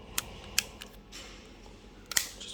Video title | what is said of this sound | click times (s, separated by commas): Standard single open detail assembly | the other side viewers here the click cell okay so this this one done | 0.6 s, 2.2 s